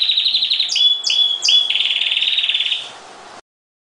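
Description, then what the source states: Oriental magpie-robin giving a rapid rattling trill with a few sharp whistled notes, ending abruptly after about three seconds. Chirping song.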